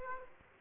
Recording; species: mosquito wingbeat signal from an infrared sensor; Aedes aegypti